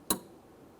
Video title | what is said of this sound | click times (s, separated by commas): How to Replace Front Exterior Door Handle 2011-2021 Jeep Grand Cherokee | listen for an audible click give it a little tug to make sure that's properly secured | 0.1 s